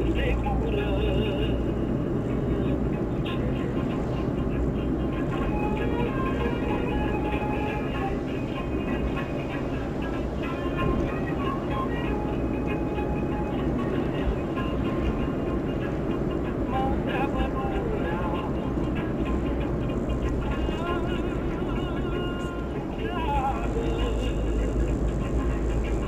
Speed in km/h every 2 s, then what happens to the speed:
53, 55, 56, 58, 60, 61, 60, 60, 59, 55, 52, 46, 48.
0-11 speeds up to 61. 11-16 steady at about 60. 16-21 slows to 46.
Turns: none.